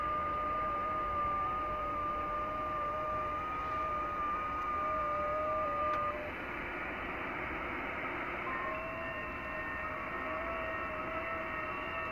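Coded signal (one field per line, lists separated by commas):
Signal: FT8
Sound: faint steady warbling tones, one near 1.2 kHz, in shortwave receiver hiss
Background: radio static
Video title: YI3HWR, IRAQ Middle East, 14MHz, FT8, Worked by HL2WA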